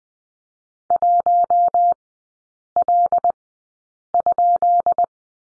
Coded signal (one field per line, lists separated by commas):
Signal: Morse code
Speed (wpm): 20 wpm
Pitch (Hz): 700 Hz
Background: none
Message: 1L?